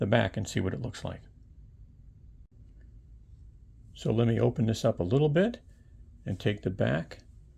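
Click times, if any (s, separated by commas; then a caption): none. Someone talks while handling the back shell of a case for a Samsung Galaxy Z Fold 4 foldable phone, opening the phone a little to fit it. Speech fills most of the clip, with quiet pauses between phrases. Nothing has seated or clicked yet.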